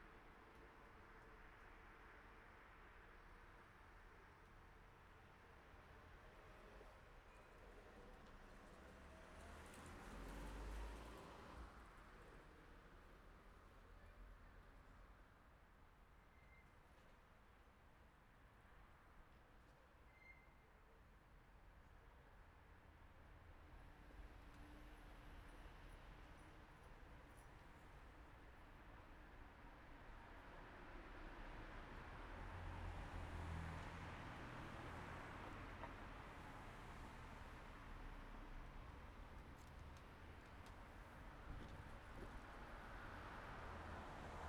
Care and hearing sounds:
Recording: everyday scene through a hearing-aid microphone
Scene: in traffic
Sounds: traffic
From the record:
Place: city secondary road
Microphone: behind the ear, right, rear

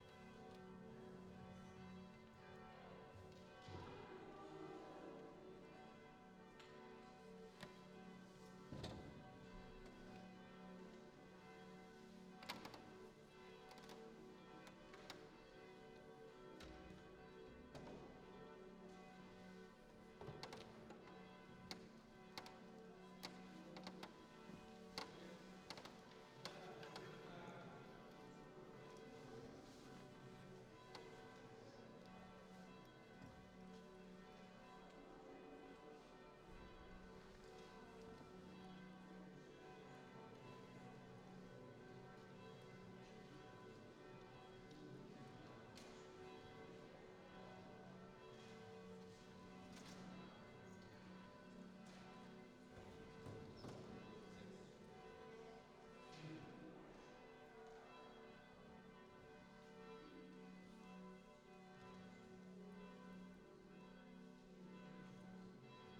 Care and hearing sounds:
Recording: everyday scene through a hearing-aid microphone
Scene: reverberant space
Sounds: bell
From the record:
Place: church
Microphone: in the ear canal, right

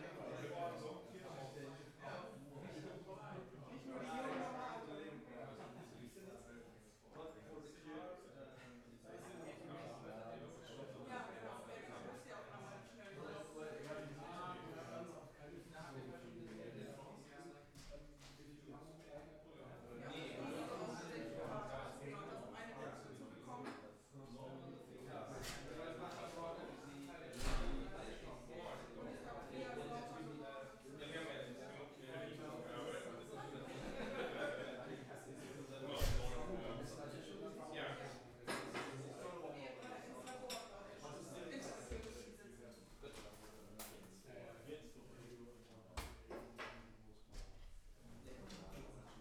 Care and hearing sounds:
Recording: everyday scene through a hearing-aid microphone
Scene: many people talking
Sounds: many voices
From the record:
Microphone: behind the ear, left, rear

